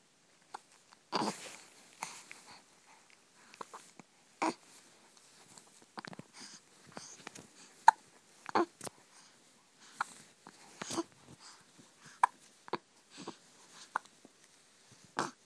Baby hiccups.